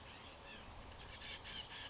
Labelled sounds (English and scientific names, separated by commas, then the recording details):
Chestnut-backed Chickadee (Poecile rufescens)
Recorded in Sonoma County, California